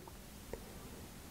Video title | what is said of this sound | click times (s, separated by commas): Montez la Ferrari 330 P4 1/8 @SpotTVAltaya 3/4/5 | ici ça vient juste se clipser parfait | 0.5 s